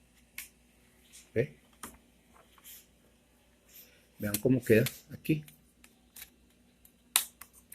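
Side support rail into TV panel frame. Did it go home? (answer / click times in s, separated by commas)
yes / 7.2 s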